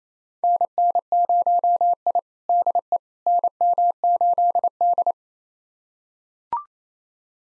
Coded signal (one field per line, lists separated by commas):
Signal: Morse code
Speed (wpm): 28 wpm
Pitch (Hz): 700 Hz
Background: none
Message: NN0I DE NM8D